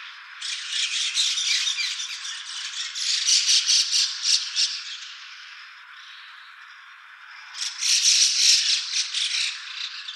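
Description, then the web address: White-cheeked starling giving harsh, rasping chatter in two dense bursts, a long first one and a second starting near eight seconds, with a quieter pause between them. Recorded on 26 January 2014. "birdenaga mukudori"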